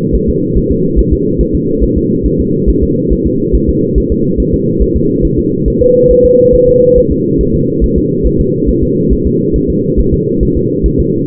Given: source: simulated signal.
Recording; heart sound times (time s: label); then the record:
fetal heart sounds
0.15 s: S1
0.29 s: S2
0.57 s: S1
0.72 s: S2
0.99 s: S1
1.13 s: S2
1.41 s: S1
1.55 s: S2
1.83 s: S1
1.98 s: S2
2.26 s: S1
2.40 s: S2
2.69 s: S1
2.83 s: S2
3.12 s: S1
3.27 s: S2
3.55 s: S1
3.69 s: S2
3.98 s: S1
4.12 s: S2
4.40 s: S1
4.54 s: S2
4.82 s: S1
4.96 s: S2
5.25 s: S1
5.39 s: S2
5.68 s: S1
5.82 s: S2
6.11 s: S1
6.25 s: S2
6.55 s: S1
6.69 s: S2
6.98 s: S1
7.12 s: S2
7.41 s: S1
7.55 s: S2
7.84 s: S1
7.98 s: S2
8.26 s: S1
8.41 s: S2
8.69 s: S1
8.83 s: S2
9.12 s: S1
9.27 s: S2
9.56 s: S1
9.70 s: S2
10.00 s: S1
10.14 s: S2
10.43 s: S1
10.57 s: S2
10.86 s: S1
11.00 s: S2
From the record:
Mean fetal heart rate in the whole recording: 140 bpm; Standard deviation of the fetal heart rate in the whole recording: 2 bpm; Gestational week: 34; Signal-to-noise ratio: -11.2 dB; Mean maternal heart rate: 72 bpm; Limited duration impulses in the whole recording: present